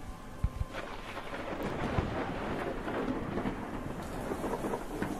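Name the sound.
rainstorm with thunder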